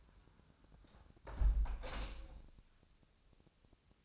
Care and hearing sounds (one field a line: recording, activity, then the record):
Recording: daily activity, microphone in the room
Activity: close window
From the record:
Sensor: 2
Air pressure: 1000.3 hPa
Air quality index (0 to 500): 135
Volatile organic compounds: 2 ppm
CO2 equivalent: 1126 ppm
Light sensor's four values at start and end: 11/30/12/13 and 11/30/11/13